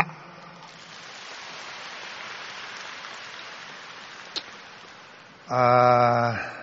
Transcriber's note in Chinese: 掌声